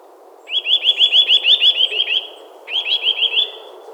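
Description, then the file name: Eurasian nuthatch delivering a fast series of rising whistled notes for about two seconds, a brief pause, then a shorter second trill, with faint background hiss. "Sitta europaea"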